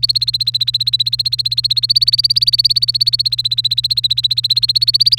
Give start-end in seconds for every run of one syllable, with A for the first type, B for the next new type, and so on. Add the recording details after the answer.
0.00-5.19 A. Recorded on 1 May 2018 at 17:10. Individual llb3